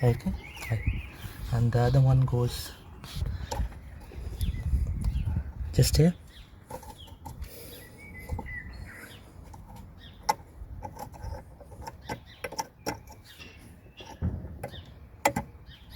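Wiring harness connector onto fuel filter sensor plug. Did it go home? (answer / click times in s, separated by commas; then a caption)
no / none. While replacing the diesel fuel filter on a Hyundai i30, the second plastic electrical wiring harness connector is handled toward the fuel filter sensor plug on the fuel filter housing as someone talks. Short sharp taps and knocks from handling are heard. Nothing has seated or clicked yet.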